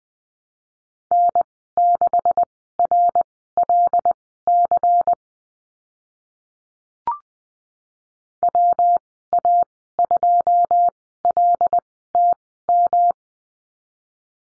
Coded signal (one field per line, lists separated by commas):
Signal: Morse code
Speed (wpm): 20 wpm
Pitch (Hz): 700 Hz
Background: none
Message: N6RLC WA2LTM